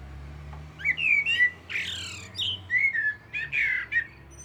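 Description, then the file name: Common blackbird song: fluted warbling notes that break into higher squeaky twitters. "Turdus merula"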